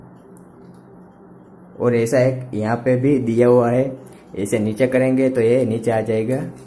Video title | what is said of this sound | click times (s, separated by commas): My New Tripod Unboxing-Order By Amazon | और ऐसे lock हो जाएगा। और | 0.4 s